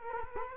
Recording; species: mosquito wingbeat signal from an infrared sensor; Culex quinquefasciatus